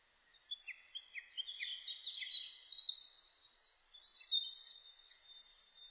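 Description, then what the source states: Bird song: a quiet first second, then a rapid, high, jumbled warble of short chirps and trills that runs to the end. Birdsong (saezuri) recorded on 1 May 2005.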